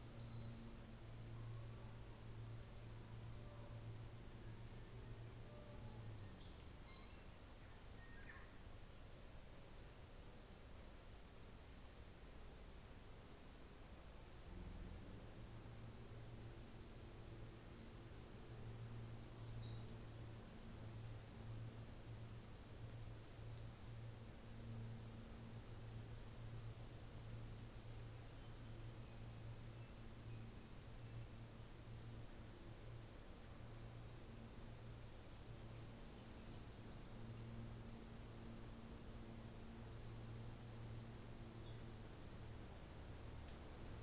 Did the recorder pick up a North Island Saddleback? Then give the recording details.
no. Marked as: faintness 4/5, faintness 3/5, faintness 2/5. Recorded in New Zealand on 24 December 2018. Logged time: 14:10